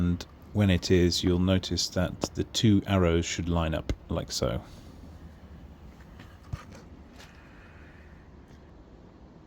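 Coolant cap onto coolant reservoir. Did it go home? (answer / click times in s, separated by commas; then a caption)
no / none. Someone talks over a quiet background while the plastic coolant reservoir cap of a BMW 5 Series is being screwed back onto the tank until its two arrows line up. After the talking stops around 4.6 s, only faint handling sounds follow, with small ticks near 6.2 s and 6.5 s. Nothing has seated or clicked yet.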